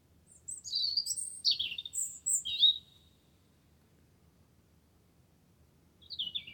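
Wren song, a fast jumble of high chirps and slurred notes for about two seconds, followed by silence and the start of another phrase.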